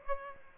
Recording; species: mosquito wingbeat signal from an infrared sensor; Aedes aegypti